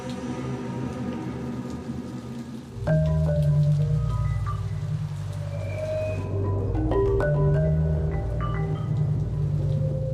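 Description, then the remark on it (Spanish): Heavy, stormy November rain pours steadily over a city, its dense hiss joined by a deep rumble that swells louder after about three seconds and holds, with faint sustained low tones beneath the downpour. “El noviembre de 2004 fue particularmente tempestuoso. La lluvia comenzó el domingo 14 y cubriría la ciudad por los siguientes 8 días, evitando ver el camino con claridad.”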